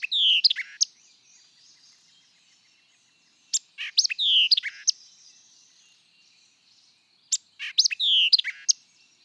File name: White-eyed Vireo